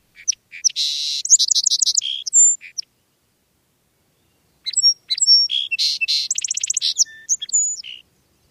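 Song Sparrow singing twice, each song a varied run of sharp notes, rapid trills and buzzy phrases, separated by a couple of seconds of silence.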